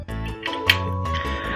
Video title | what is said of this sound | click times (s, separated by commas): SELI Online WAJIB Waspada!!! (Exotic 2026MT Double Break) | Harus dinaikin ke atas dulu. Nah, bunyi klik, baru kita | 0.7 s